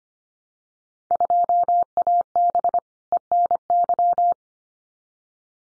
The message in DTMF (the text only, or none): none